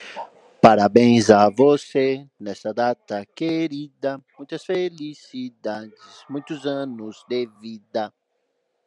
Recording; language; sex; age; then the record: short text; Brazilian Portuguese; male; 30 to 39 years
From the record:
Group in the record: control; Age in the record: 39 years